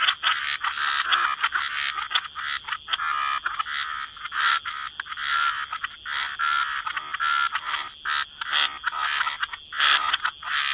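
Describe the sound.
Many frogs croaking together, grating calls running into one another in a thick irregular chorus, with short lulls between heavier clusters.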